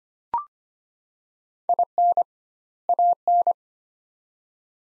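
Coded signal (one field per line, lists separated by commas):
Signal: Morse code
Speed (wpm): 25 wpm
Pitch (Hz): 700 Hz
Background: none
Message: IN AN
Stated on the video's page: Morse practice: sets of two words at 25 wpm with 2x word spacing, similar to Farnsworth spacing.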